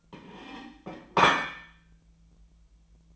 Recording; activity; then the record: daily activity, microphone in the room; place plate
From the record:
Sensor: 1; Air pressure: 1009.4 hPa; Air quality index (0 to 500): 195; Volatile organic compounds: 19 ppm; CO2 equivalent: 2665 ppm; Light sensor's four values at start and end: 28/72/30/36 and 28/72/30/36